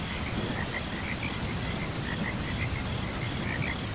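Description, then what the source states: Frogs calling in a dense chorus of short repeated chirps over a steady background hiss. During a thunderstorm.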